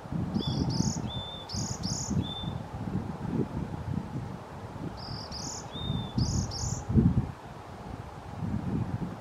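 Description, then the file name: Varied tit calls: high, thin paired notes with a lower drawn-out whistle, given in two bursts about four and a half seconds apart over steady low rumbling background noise. Recorded on 4 March 2021. "20210304 yamagara"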